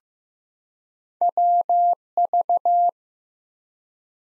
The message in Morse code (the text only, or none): WV